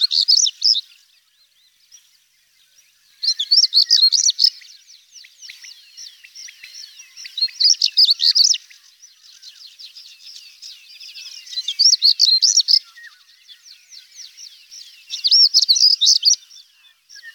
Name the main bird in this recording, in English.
European Stonechat